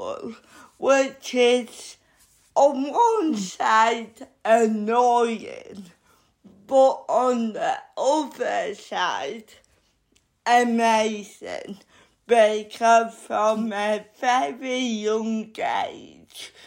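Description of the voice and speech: An adult woman speaking with slow, effortful speech, stretched vowels and long pauses between phrases, typical of dysarthria from cerebral palsy.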